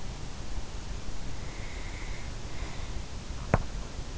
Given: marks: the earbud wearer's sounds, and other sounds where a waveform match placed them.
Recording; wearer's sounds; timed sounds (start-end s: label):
sounds in sleep by an in-ear microphone; breath, teeth grinding
1.64-3.53 s: breath
3.18-3.80 s: teeth grinding